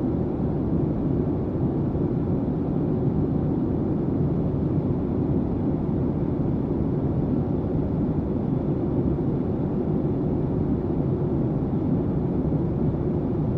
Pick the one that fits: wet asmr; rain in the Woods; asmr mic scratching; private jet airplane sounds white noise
private jet airplane sounds white noise